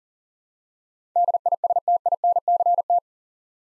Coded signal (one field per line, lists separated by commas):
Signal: Morse code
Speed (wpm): 40 wpm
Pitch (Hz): 700 Hz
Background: none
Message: DISTINCT